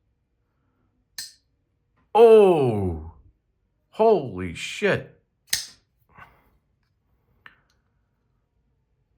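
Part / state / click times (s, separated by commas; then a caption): knife blade lock engaging in a folding knife frame / seated / 5.5 s. After a Berg Blades Alpha folding knife is reassembled with new ceramic Skiff pivot bearings, its blade is flicked open and the lock engages on the metal blade with a sharp click at 5.5 s, seating firmly. Someone talks before and around it, and the click sounds much better than before, credited to cleaning the knife.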